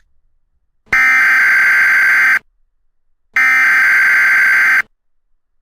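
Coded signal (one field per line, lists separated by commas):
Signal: Emergency Alert System (SAME) tones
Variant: header bursts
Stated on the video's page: Fictional EAS scenario using valid EAS tones.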